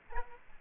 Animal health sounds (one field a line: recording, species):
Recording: mosquito wingbeat signal from an infrared sensor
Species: Aedes aegypti